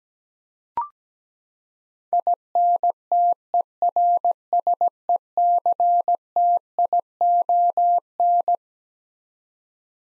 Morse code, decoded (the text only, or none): INTERSECTION